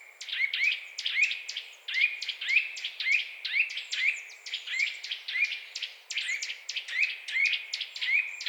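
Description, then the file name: Eurasian nuthatch giving quick runs of bright, sharp notes, repeated in a steady rhythm. "Sitta europaea"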